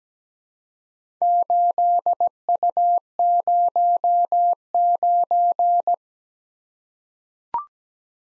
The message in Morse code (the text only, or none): 8U09